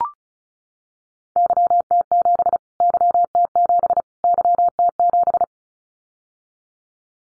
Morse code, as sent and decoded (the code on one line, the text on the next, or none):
-.-- - --... / -.-- - --... / -.-- - --...
YT7 YT7 YT7